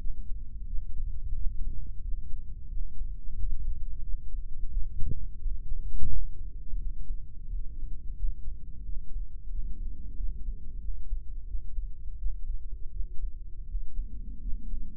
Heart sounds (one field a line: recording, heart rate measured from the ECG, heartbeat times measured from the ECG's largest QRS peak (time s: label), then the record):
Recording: heart sounds by microphone in the right ear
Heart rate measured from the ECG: 87 bpm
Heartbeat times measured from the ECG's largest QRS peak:
0.65 s: heartbeat
1.33 s: heartbeat
2.01 s: heartbeat
2.68 s: heartbeat
3.35 s: heartbeat
4.02 s: heartbeat
4.69 s: heartbeat
5.38 s: heartbeat
6.08 s: heartbeat
6.78 s: heartbeat
7.46 s: heartbeat
8.16 s: heartbeat
8.84 s: heartbeat
9.51 s: heartbeat
10.16 s: heartbeat
10.80 s: heartbeat
11.46 s: heartbeat
12.18 s: heartbeat
12.91 s: heartbeat
13.67 s: heartbeat
14.41 s: heartbeat
From the record:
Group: healthy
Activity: rest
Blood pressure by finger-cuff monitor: 154/87 mmHg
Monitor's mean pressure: 101 mmHg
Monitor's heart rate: 88 bpm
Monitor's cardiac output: 8.1 L/min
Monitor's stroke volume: 92 mL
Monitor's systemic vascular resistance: 940 dyn s/cm5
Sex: male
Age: 57 years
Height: 188 cm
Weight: 106 kg